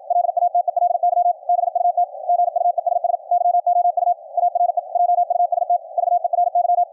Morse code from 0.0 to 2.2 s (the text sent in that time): LATELY BUT